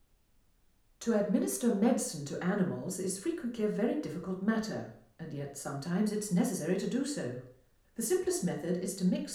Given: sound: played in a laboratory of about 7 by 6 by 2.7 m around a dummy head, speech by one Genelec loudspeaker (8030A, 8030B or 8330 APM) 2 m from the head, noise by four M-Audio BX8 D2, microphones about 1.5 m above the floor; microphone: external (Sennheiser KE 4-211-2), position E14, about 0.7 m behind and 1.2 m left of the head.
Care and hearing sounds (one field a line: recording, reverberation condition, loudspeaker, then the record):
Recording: female speech in English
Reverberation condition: medium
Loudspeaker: 60 degrees to the left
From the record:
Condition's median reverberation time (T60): about 510 ms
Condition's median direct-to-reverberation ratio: about -0.5 dB